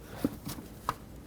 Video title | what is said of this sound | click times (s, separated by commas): How to Replace Spark Plug Wire Insulator 2003-2021 Chevrolet Express | Okay, so that's clicked in all the way, connected up top, and | 0.9 s